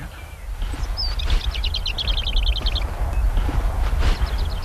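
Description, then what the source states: Lesser whitethroat song: a fast, dry rattle of many even, clipped notes lasting over a second, with a few thin calls and steady low rumble. Bird in scrub, seen flying up from a thorn bush; dry rattling song likened to a little machine gun ('mitrailleurtje') or little mill ('molenaartje').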